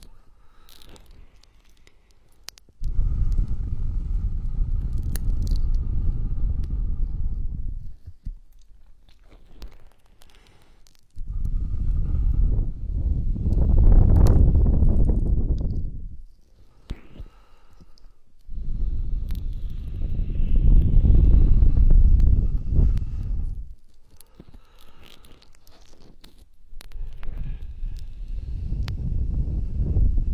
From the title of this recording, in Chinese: 暴力搓耳